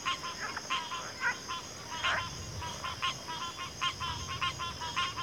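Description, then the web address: Crickets chirping in chorus, rapid pulsed chirps repeating above a steady high-pitched insect drone. Cricket chorus recorded at a backwater. "WLL Grade 1-12 Pre-Uni Library Natures Songs Sleep Sounds of Nature CRICKETS Backwater Chorus"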